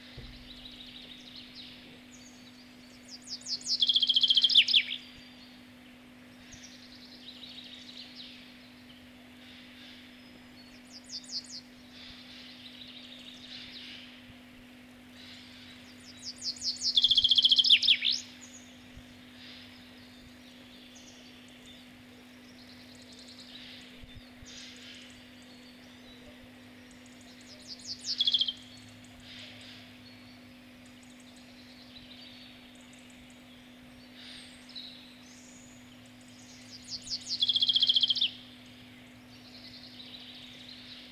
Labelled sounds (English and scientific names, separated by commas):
Common Chaffinch (Fringilla coelebs)